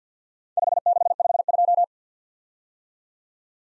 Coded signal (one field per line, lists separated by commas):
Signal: Morse code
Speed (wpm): 53 wpm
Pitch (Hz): 700 Hz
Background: none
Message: 5652